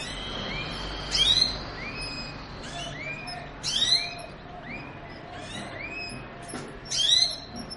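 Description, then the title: Belgian canary song of sharp rising sweeps repeated roughly every three seconds, separated by many soft, arched chirps. Song used to stimulate canaries to sing and warm up; the Indonesian title describes a mating canary sound. "Canto Para Esquentar Canário Belga. suara kenari kawin"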